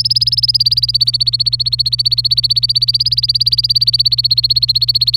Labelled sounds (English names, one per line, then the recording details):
Domestic Canary song
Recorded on 26 April 2018 at 11:29
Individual llb3